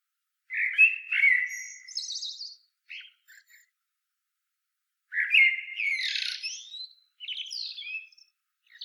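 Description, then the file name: Common blackbird song: two mellow fluted warbling phrases, each ending in a thin, high, scratchy twitter, separated by a few seconds of quiet; no other sounds. "Turdus merula"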